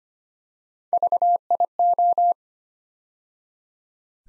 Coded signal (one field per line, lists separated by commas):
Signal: Morse code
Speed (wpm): 25 wpm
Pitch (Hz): 700 Hz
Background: none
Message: VIO